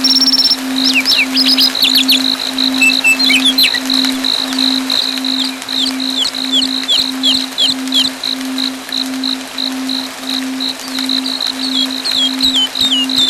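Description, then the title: Bird chirps: quick high sweeping twitters and short trills come in bursts over a steady pulsing beep and a low pulsing hum. "SuaraBurung Kicau"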